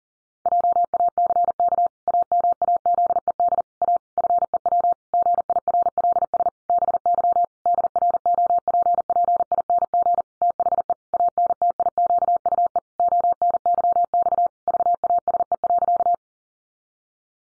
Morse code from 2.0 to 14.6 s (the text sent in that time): AMAZED A FEW GIRLS BY DROPPING THE ANTIQUE ONYX